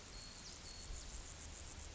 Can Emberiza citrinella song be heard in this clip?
no